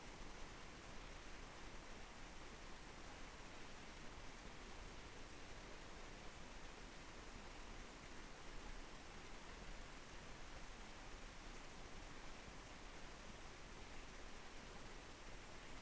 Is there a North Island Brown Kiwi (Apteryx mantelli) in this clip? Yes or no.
no